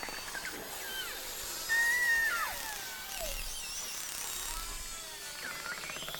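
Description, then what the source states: Beluga whale calls: a clear whistle with swooping chirps and squeaks over a hissing underwater background. Wild belugas recorded by hydrophone from a small inflatable boat at Churchill, Manitoba, Canada, in August; Western Hudson Bay population.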